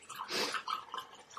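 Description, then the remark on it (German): Wine pouring from a freshly opened bottle: a rushing splash followed by a string of short, bubbly glugs at a moderate level, with no voices. “Denn wenn ehemaliger Mitbewohner hat mich mal darauf hingewiesen, wenn man eine Weinflasche frisch ausgießt, dann macht das erste Glucksen.”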